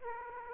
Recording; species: mosquito wingbeat signal from an infrared sensor; Aedes aegypti